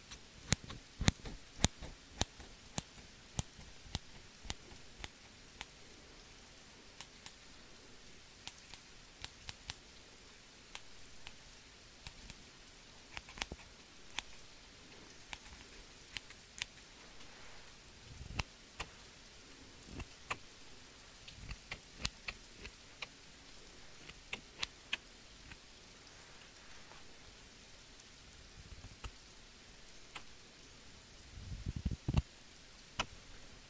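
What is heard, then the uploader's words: Scissors snip and click in quick, irregular bursts, each a sharp, bright tick, scattered densely like raindrops across the whole stretch. Beneath them runs a soft, steady hiss, with a few brief low thumps and rumbles, the most noticeable near the end. ASMR relaxing Scissors Sounds - Rain, no talking.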